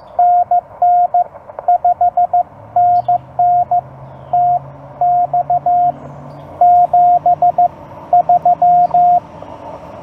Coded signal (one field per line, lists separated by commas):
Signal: Morse code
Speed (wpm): 15 wpm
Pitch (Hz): 710 Hz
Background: radio noise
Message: NN 5NN TX 73